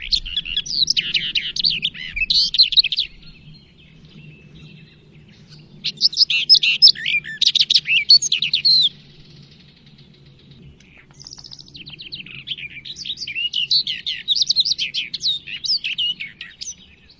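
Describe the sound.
Bird song in three bursts of rapid, high, scratchy warbled notes, each lasting a few seconds with short pauses between, over a low steady hum.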